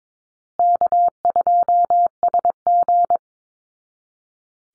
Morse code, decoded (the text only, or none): K2SG